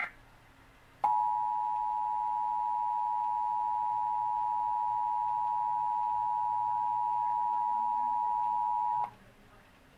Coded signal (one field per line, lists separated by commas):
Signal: Emergency Alert System (SAME) tones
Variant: 853 and 960 Hz attention tone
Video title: Emergency Alert System,Required Monthly Test(ABC7NY)(11/6/2019)